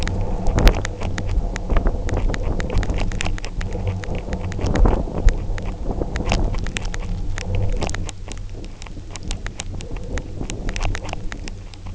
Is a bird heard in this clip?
no